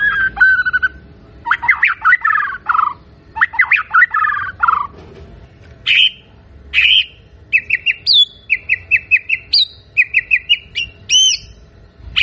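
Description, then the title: White-rumped shama song: rich whistled phrases and descending slurred notes, then quick repeated bright chirps near the end, loud and varied. Energetic singing shama recording used as a lure to provoke a response. "PANCINGAN MURAI BATU GACOR"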